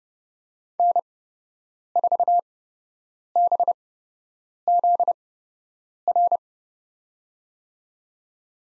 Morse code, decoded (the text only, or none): N4BZR